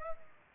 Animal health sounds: mosquito wingbeat signal from an infrared sensor; Aedes aegypti

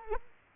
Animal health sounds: mosquito wingbeat signal from an infrared sensor; Culex quinquefasciatus

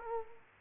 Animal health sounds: mosquito wingbeat signal from an infrared sensor; Culex quinquefasciatus

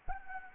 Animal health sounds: mosquito wingbeat signal from an infrared sensor; Anopheles gambiae

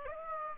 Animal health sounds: mosquito wingbeat signal from an infrared sensor; Aedes aegypti

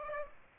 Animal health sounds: mosquito wingbeat signal from an infrared sensor; Aedes aegypti

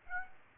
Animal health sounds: mosquito wingbeat signal from an infrared sensor; Aedes aegypti

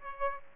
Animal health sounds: mosquito wingbeat signal from an infrared sensor; Aedes aegypti

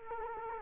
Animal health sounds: mosquito wingbeat signal from an infrared sensor; Culex quinquefasciatus

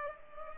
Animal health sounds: mosquito wingbeat signal from an infrared sensor; Culex pipiens

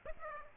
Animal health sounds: mosquito wingbeat signal from an infrared sensor; Aedes aegypti

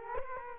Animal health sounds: mosquito wingbeat signal from an infrared sensor; Culex quinquefasciatus

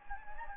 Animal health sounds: mosquito wingbeat signal from an infrared sensor; Anopheles gambiae

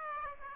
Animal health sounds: mosquito wingbeat signal from an infrared sensor; Aedes aegypti

